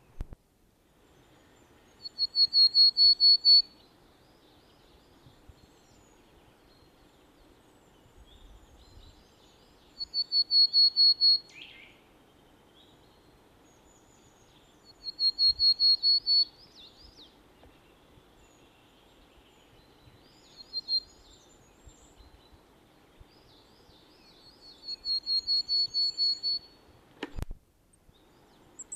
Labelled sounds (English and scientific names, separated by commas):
Willow Tit (Poecile montanus) song